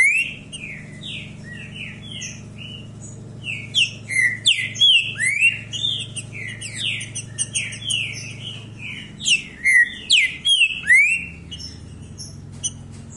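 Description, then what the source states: Green-winged saltator song: dense, fast run of slurred whistled notes and sharp chips, rising and falling, with louder ringing phrases near the end; a low steady hum underneath. Said to sing continuously like this all year round.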